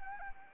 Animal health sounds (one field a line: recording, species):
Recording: mosquito wingbeat signal from an infrared sensor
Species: Anopheles arabiensis